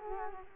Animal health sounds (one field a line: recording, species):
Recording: mosquito wingbeat signal from an infrared sensor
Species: Culex quinquefasciatus